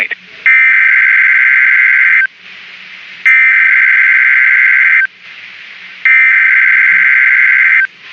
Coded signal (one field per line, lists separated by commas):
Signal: Emergency Alert System (SAME) tones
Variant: header bursts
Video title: [Very Late] EAS#13 & 14 Wisconsin Statewide Tornado Watch & Warning Day Drill (Valid NOAA EAS Tones)